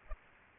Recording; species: mosquito wingbeat signal from an infrared sensor; Aedes albopictus